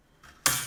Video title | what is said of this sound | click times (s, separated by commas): Upgrading 16GB memory to 32GB on HP Envy TE01 1050 | now the dvd-r drive slides in through the front until the little green tab clicks into place | 0.5 s